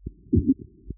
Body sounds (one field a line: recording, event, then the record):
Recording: neck accelerometer signal played as sound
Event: voluntary cough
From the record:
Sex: male